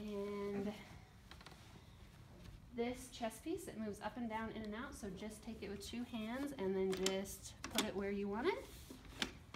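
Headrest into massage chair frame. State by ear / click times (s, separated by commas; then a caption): seated / 9.2 s. The face-cradle headrest of a massage chair is taken with two hands, moved up, down, in or out to the desired position, and pushed into the chair frame until it locks into place. Music plays briefly at the start, then someone talks, and a sharp click at 9.2 seconds marks the headrest seating.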